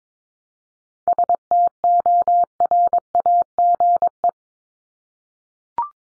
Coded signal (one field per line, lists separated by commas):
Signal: Morse code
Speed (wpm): 22 wpm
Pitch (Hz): 700 Hz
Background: none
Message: STORAGE